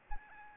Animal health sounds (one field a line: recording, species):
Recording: mosquito wingbeat signal from an infrared sensor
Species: Aedes aegypti